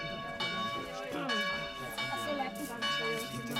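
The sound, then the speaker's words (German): A bell rung by someone pulling firmly on a cord clangs several times, its bright, sustained tones overlapping into a continuous ringing wash and echoing off a wall, with a voice murmuring underneath. “Da ertönt die Glocke, weil, eh die Köchin sich's versieht, fest er an der Kordel zieht.”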